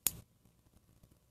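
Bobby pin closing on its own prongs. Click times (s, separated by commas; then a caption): 0.1 s. A plastic-tipped metal bobby pin that has been pried open springs shut on its own prongs, closing with a sharp click at 0.1 s. Only faint low ticks and rustles follow.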